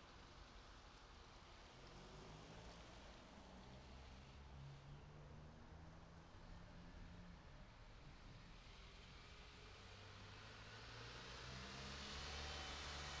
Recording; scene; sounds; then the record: everyday scene through a hearing-aid microphone; in traffic; traffic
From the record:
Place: city secondary road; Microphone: in the ear canal, right